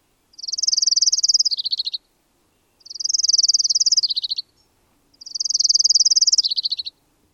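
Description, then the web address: Orange-crowned warbler giving three high, fast buzzy trills, each about one and a half seconds long and dropping lower at the end, repeated roughly every two and a half seconds. "Thumbs Plus Zoo Field Guide"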